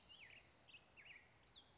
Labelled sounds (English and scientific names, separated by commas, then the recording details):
Spotted Towhee (Pipilo maculatus)
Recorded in Sonoma County, California